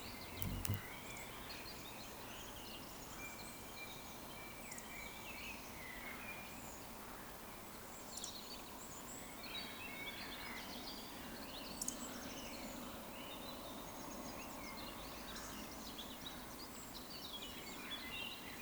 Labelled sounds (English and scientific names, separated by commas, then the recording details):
Eurasian Woodcock (Scolopax rusticola)
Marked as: woodcock, woodcock, woodcock, woodcock, woodcock
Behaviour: display flight
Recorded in Baden-Württemberg, Germany, on 16 June 2020 at 19:47 UTC
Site 14569, 102 m above sea level